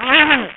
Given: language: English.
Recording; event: throat vibration sensor signal played as sound; throat clearing